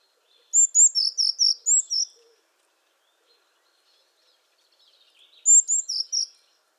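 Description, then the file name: Eurasian blue tit giving a high thin call, a few sharp notes dropping into a string of lower notes, then repeated after a pause of about three seconds. "Cyanistes caeruleus"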